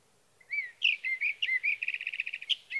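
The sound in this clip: Sage thrasher song with clear slurred whistles followed by a fast trilled series of repeated notes, over a light background hiss.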